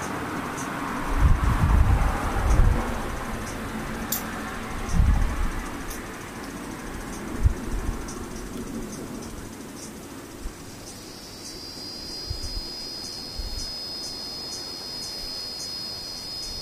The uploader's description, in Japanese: セミ